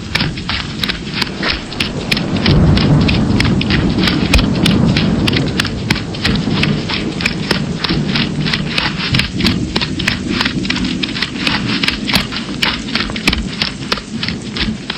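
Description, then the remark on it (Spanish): Heavy, steady cold rain hisses throughout, dense with sharp splashing taps, while a deep roll of thunder with lightning swells early on and slowly fades beneath the downpour. “El frío y la lluvia calan mis huesos. La ropa se me pega a la piel haciendo más lenta mi huida.”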